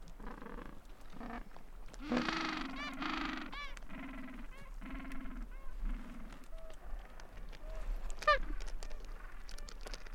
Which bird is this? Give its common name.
Gentoo Penguin